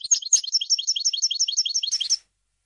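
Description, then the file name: European goldfinch song, a fast run of bright twittering notes high in pitch, ending in a short buzzy burst before silence. "audio burung goldfinch"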